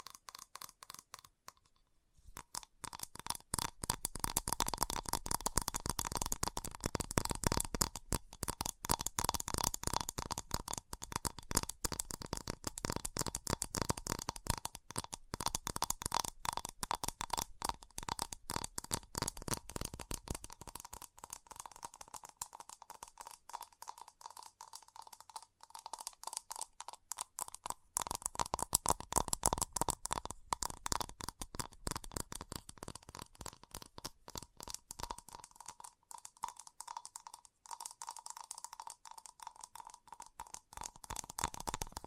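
Fast tapping in an ASMR style, with rapid, dense clicks running almost without pause for the whole clip. The taps are sharp and crisp with a light ringing tone under them, briefly stop near the start, and thin out and soften around the twenty-five second mark before picking up again.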